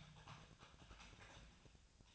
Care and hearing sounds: daily activity, microphone in the room; typing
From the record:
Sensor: 2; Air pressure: 999.1 hPa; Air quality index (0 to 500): 207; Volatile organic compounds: 35 ppm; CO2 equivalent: 3066 ppm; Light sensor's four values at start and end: 7/16/6/7 and 7/16/6/7

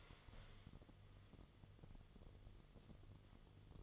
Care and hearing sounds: daily activity, microphone in the room; stand up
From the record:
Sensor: 4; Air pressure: 1005.9 hPa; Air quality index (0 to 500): 98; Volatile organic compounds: 2 ppm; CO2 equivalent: 1221 ppm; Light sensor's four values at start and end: 13/29/11/10 and 13/29/11/10

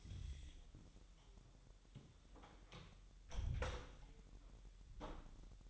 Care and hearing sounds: daily activity, microphone in the room; close door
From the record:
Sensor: 3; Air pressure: 1001.2 hPa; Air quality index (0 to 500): 249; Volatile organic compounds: 175 ppm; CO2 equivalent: 4125 ppm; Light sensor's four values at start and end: 9/22/9/8 and 10/24/10/9

